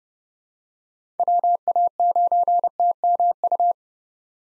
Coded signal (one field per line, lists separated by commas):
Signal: Morse code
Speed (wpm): 30 wpm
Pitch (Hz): 700 Hz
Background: none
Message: WA9TMU